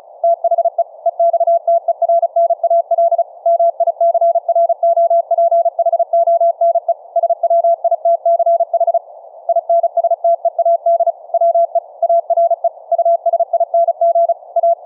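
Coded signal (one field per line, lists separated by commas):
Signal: Morse code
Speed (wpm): 36 wpm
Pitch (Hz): 680 Hz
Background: none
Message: THE EXTERNAL MICROPHONE SWITCH INSTEAD WE ARE USING A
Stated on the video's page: CW audio tones sent by Linux software over FRS two-way radios via the mic jack, with an audio-derived PTT keying circuit for hands-free transmit.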